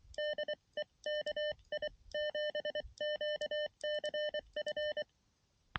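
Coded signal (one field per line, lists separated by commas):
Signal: Morse code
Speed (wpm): 23 wpm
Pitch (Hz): 600 Hz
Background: none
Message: DE KI7QCF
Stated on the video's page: Mountain Topper MTR3B QRP radio in the field for a POTA activation, sent with a paddle into a mini no-tune end-fed half-wave antenna.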